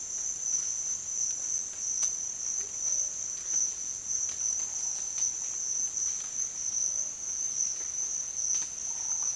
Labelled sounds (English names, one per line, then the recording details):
none
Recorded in dense forest near Puerto Asís, Putumayo, Colombia, on 27 June 2025 at 10:00
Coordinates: 0.468, -76.322
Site GP03